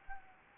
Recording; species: mosquito wingbeat signal from an infrared sensor; Anopheles arabiensis